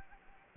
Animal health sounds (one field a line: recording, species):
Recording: mosquito wingbeat signal from an infrared sensor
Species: Anopheles gambiae